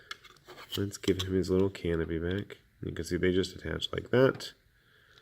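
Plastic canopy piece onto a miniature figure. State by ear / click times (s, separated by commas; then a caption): not seated / none. A plastic canopy piece is pressed by hand onto a miniature figure from Games Workshop's Warhammer Underworlds Mologg's Mob. Someone talks through most of the clip, with a sharp tap near 0.1 s and a faint tick at the very end. Nothing has seated or clicked yet.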